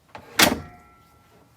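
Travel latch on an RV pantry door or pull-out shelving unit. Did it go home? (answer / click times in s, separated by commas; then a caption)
yes / 0.1 s. The travel latch on a pantry door or pull-out shelving unit in the kitchen of a 2013 Winnebago Journey 34B RV is pushed closed and locks with a sharp click at 0.2 s. A louder, broad clatter follows at about 0.4 s, and faint ringing tones fade out over the next second. The latch is seated, which keeps the door from flying open while the RV travels down the road.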